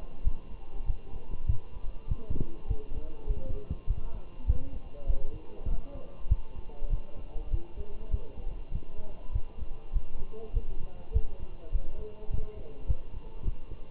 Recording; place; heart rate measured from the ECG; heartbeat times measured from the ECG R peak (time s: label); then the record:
heart sounds by stethoscope; between the tricuspid and mitral areas; 100 bpm
0.25 s: heartbeat
0.86 s: heartbeat
1.47 s: heartbeat
2.08 s: heartbeat
2.68 s: heartbeat
3.28 s: heartbeat
3.88 s: heartbeat
4.47 s: heartbeat
5.07 s: heartbeat
5.69 s: heartbeat
6.29 s: heartbeat
6.90 s: heartbeat
7.51 s: heartbeat
8.11 s: heartbeat
8.72 s: heartbeat
9.33 s: heartbeat
9.94 s: heartbeat
10.54 s: heartbeat
11.14 s: heartbeat
11.73 s: heartbeat
12.31 s: heartbeat
12.88 s: heartbeat
13.45 s: heartbeat
From the record:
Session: walking at 3.7 km/h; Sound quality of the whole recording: good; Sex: male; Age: 23 years